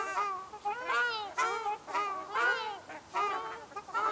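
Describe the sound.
Ruddy shelduck giving loud nasal honks, arched notes repeated in a fairly quick, uneven series.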